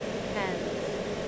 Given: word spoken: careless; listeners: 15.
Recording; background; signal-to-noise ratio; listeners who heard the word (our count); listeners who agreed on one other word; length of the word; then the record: one English word in noise, from a listening test; speech-shaped noise; -6.3 dB; 0 of 15; 9 of 15; 0.89 s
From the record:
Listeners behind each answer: 9, 1, 1, 1, 1, 1, 1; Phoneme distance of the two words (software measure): 47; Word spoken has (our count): 2 syllables, 5 phonemes, stress on syllable 1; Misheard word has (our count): 1 syllable, 4 phonemes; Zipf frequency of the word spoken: 3.58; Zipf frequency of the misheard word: 3.71